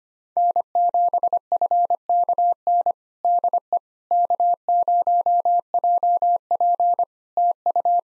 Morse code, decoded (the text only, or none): N7FKN DE K0JP TU